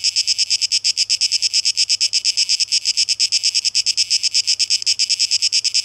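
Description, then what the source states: Cicadas buzz in quick throbbing pulses, high and harsh. Tape echo mix; recorded 12 August 2023.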